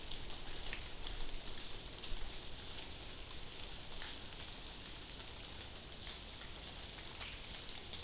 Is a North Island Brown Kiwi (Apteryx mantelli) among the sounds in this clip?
no